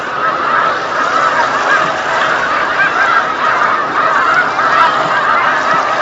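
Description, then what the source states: Snow goose flock calling, a dense continuous chorus of overlapping nasal honks and yelps with no gaps, steady in loudness throughout. Flock of snow geese on Lake Champlain, November 2018.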